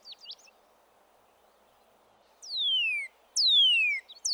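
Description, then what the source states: Northern Cardinal whistles: two clear, long downslurred notes near the end after a quiet stretch, with a few short notes at the start. Downslurred 'cheer' vocalization; both males and females sing; heard throughout the year.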